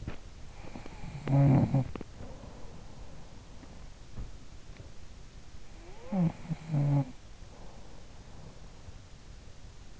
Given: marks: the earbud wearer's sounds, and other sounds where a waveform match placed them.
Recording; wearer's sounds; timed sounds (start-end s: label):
sounds in sleep by an in-ear microphone; body movement
0.00-0.40 s: body movement
0.63-3.40 s: sound from someone else or the room
3.60-5.00 s: sound from someone else or the room
5.77-8.97 s: sound from someone else or the room